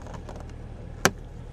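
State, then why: Released. A plastic interior trim piece on the dash of a 2013–2020 Ford Fusion is wiggled with both hands during a cabin filter change, giving a few faint taps early on. At 1.1 s it pops free of its small plastic clips with one sharp, loud snap. The piece comes off.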